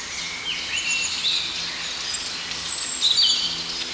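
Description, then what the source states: Birds sing high twittering phrases and thin whistled notes that overlap, over a steady background hiss. Birdsong in a forest.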